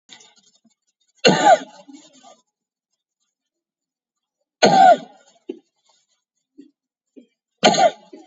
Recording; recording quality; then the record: heavy voluntary cough; excellent, no background noise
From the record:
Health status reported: COVID-19 positive, mild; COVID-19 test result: positive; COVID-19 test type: RT-PCR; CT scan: taken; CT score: 10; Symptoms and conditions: sore throat, hypertension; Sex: male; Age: 56 years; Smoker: no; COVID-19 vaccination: one dose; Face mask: worn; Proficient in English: yes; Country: India